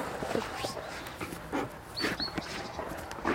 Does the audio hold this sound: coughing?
no